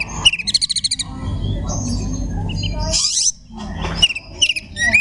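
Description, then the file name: Magpie-robin song: quick chirps and a high buzzy burst, with several short sharp whistles near the end, over a low rumbling hum. Song style called tembakan ngekek. "kacer tembakan ngekek"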